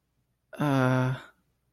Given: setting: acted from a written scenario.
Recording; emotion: vocal sound without words; guilt